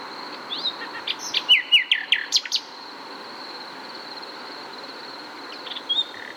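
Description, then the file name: Common nightingale singing a short series of whistled, slurred notes, then a quiet stretch and a brief closing phrase, with constant high buzzing behind. "Luscinia megarhynchos"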